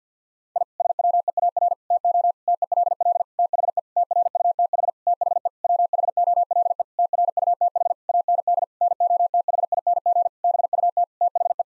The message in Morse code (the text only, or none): I SWEAR TO TELL THE TRUTH THE WHOLE TRUTH AND NOTHING BUT THE